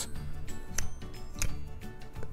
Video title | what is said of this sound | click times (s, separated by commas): fifine Ampligame usb microphone | This snaps right into place. Nice. | 0.8 s, 1.4 s